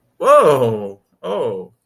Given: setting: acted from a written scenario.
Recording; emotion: vocal sound without words; negative surprise